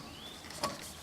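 A new starter motor is handled and pushed toward its mounting opening in the engine housing of a TEA20 tractor, a part that fits in on its own. Faint background hiss is broken by two short handling knocks around 0.5 s and 0.6 s. The clip ends before the starter goes home, and nothing has seated yet.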